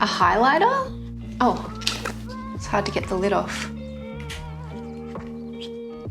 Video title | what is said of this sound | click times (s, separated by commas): I Tried the Paper Club's Stationery Subscription Box for 3 Months. Is it good for bullet journaling? | All right, that doesn't snap onto the back. | none